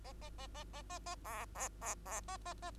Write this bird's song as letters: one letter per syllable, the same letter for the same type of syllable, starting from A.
A A A A A A A B B B B A A A